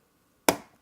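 A second RAM stick is pushed into its DIMM slot on a motherboard, and after near silence a single loud, sharp click sounds at 0.5 s, then fades quickly. The stick has clicked on both sides and is correctly seated in the slot.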